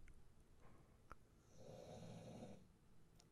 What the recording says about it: My dog snoring. Baby girl's the last pit bull standing in our family.